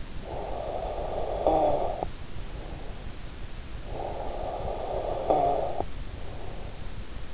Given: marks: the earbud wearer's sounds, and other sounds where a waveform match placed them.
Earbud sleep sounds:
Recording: sounds in sleep by an in-ear microphone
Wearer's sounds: snoring breath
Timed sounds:
0.00-3.25 s: snoring breath
3.67-6.89 s: snoring breath

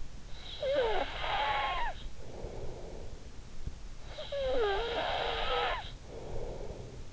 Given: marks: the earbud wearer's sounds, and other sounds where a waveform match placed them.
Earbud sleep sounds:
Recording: sounds in sleep by an in-ear microphone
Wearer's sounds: snoring breath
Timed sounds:
0.18-3.21 s: snoring breath
4.10-7.12 s: snoring breath

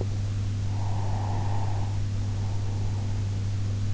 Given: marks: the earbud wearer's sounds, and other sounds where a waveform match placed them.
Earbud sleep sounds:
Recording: sounds in sleep by an in-ear microphone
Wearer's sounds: breath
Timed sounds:
0.74-3.54 s: breath

